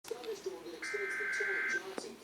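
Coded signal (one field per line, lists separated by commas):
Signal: Emergency Alert System (SAME) tones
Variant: header bursts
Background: speech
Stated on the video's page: Tornado warning relayed on two NOAA weather radio stations.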